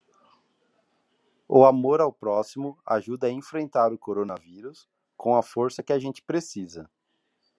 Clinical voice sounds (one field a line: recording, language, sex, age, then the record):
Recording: spoken sentence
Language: Brazilian Portuguese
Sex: male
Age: 30 to 39 years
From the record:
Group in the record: control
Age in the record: 35 years